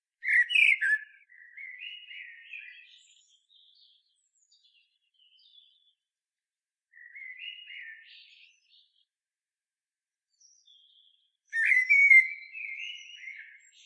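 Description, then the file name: Common blackbird singing three separated warbled phrases, with long quiet gaps in between. "Turdus merula"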